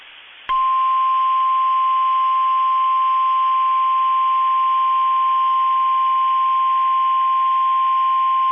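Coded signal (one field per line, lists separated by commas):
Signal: Emergency Alert System (SAME) tones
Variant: 1050 Hz attention tone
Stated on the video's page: Severe weather alert SAME tones received from NOAA weather radio station KIG86.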